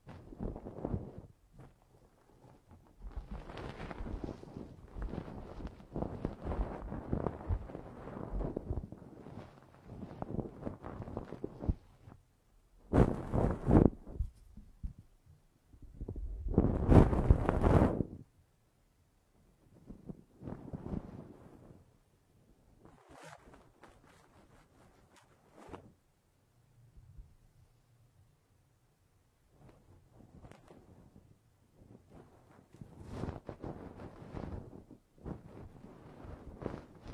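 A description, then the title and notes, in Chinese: Ear-cleaning sounds move around in uneven bursts of scratching and rustling, separated by near-silent pauses. Two louder, brighter scrapes stand out around 13 and 17 seconds, and a faint low rumble sits under the quieter stretch near 28 seconds. 8D掏耳朵！360° 环绕触发。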